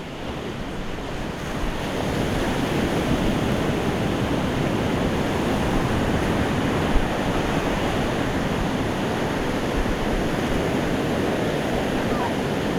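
Sea surf rolls in a dense, continuous wash, rising in the first two seconds and then holding steady with a deep rumble under a hissing spray. No single wave stands out, just a constant churn, with a small click near the seventh second.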